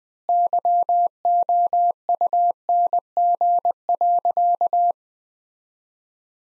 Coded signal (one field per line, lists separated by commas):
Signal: Morse code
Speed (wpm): 20 wpm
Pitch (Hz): 700 Hz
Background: none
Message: YOUNG.